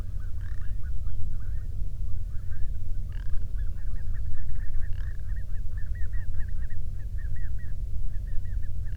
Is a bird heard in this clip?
yes